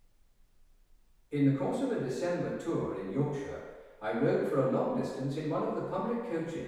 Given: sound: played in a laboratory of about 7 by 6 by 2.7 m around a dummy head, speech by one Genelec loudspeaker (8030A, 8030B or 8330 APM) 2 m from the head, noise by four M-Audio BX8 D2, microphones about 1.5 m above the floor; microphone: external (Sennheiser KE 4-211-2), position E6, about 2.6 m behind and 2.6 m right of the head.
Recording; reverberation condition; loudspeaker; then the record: male speech in English; high; 60 degrees to the left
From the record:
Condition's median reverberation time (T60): about 1300 ms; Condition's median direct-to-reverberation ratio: about -4.0 dB